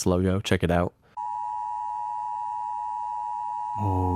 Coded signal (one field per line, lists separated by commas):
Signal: Emergency Alert System (SAME) tones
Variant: 853 and 960 Hz attention tone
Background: speech